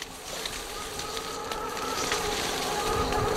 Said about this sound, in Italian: Quando il gruppo all'ultimo campo base è pronto all'assalto alla cima, si alza il vento, arriva la tormenta. Purtroppo, come potete sentire dalle terribili raffiche di vento, le condizioni della montagna peggiorano drammaticamente.